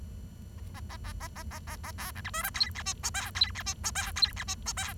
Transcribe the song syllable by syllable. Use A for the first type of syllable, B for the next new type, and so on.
A A A A A A A A A B C D E F G H I J K G H I J K G H I J K